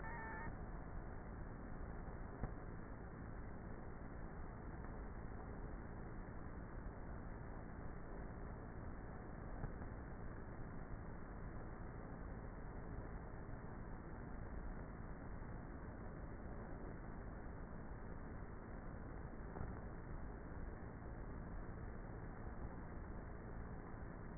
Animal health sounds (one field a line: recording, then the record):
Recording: honeybee colony, microphone inside the hive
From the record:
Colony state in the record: queenless with a low population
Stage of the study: before two queens were removed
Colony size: about 30,000 bees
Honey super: no